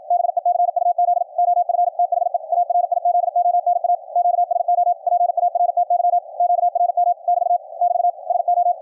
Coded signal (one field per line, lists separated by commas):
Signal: Morse code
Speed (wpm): 53 wpm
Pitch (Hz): 700 Hz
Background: none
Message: BECUZ OF THE ARIZONA QSO PARTY QRM <BT> <BT> SO